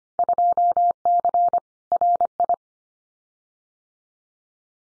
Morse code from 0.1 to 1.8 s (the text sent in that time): 2C